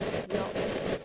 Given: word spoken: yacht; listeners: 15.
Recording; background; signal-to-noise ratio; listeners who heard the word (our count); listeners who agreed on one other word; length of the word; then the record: one English word in noise, from a listening test; noise modulated by three-talker babble; -7.9 dB; 2 of 15; 6 of 15; 0.65 s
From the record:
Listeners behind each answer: 6, 3, 2, 2, 1, 1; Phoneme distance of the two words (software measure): 20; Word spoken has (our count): 1 syllable, 3 phonemes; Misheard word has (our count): 1 syllable, 3 phonemes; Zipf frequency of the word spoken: 3.77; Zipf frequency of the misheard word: 4.72